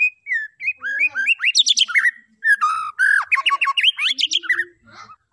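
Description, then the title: White-rumped shama song, rich fluting whistles and quick slurred notes in bursts, with short pauses between phrases. Lure recording played to make the bird respond; the singing is described as gacor, persistent vigorous song. "PANCINGAN MURAI BATU GACOR LANGSUNG RESPON"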